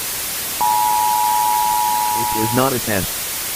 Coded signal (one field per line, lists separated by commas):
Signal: Emergency Alert System (SAME) tones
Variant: 853 and 960 Hz attention tone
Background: speech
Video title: Repost-Test EAS ALARM